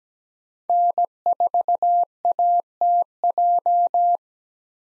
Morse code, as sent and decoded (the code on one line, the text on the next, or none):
-. ....- .- - .---
N4ATJ